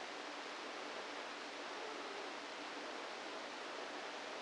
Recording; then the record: brain microelectrode recording played as sound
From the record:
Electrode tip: inside the subthalamic nucleus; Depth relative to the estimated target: -2 mm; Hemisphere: right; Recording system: NeuroSet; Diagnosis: Parkinson's disease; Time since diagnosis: 7 years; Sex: female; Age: 68 years